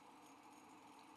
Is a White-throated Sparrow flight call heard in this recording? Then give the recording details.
no. No flight call is heard. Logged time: 07:42 on 5 December 2014